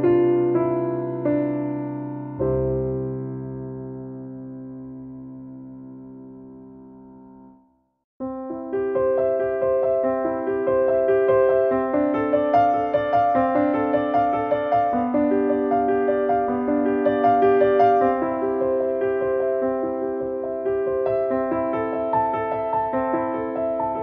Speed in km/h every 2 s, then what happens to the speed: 55, 50, 42, 31, 19, 10, 0, 0, 0, 0, 0, 0.
0-12 brakes to 0. 12-22 standing.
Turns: none.